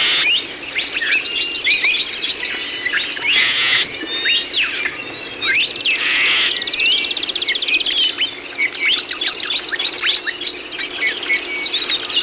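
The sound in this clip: Bird song chorus, many birds singing at once with sharp rising and falling chirps, high trills and buzzy rattles overlapping throughout.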